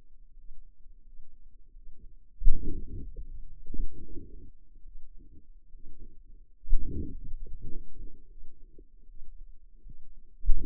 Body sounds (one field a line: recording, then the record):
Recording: forearm muscle sounds (acoustic myography)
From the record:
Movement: hand opening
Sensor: system 2, bracelet of six BSWA MPA416 microphones around the upper forearm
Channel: 3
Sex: female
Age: 23 years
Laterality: right